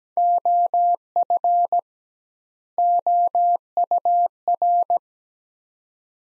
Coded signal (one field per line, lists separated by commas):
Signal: Morse code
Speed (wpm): 17 wpm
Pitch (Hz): 700 Hz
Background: none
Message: OF OUR